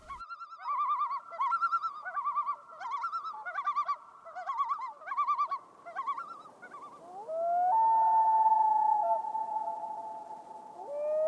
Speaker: And that famous call of the loon is the male loon.